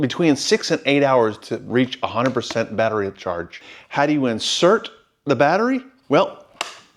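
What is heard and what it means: A rechargeable battery pack is being handled for an EGO 56V 15-inch string trimmer, about to slide along two L-shaped tracks on the trimmer's plastic housing until it locks. Someone talks almost throughout, with a sharp tap at about 6.6 s and a faint one at about 7.0 s. The pack has not seated or clicked yet.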